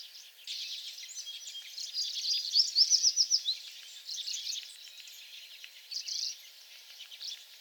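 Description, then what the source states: American tree sparrow songs, sweet high tinkling phrases with a short run of rapid sliding notes, in a continuous stream. Songs on 28 April 2022.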